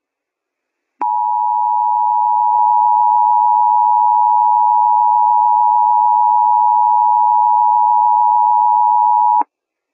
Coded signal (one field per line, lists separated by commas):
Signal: Emergency Alert System (SAME) tones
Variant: 853 and 960 Hz attention tone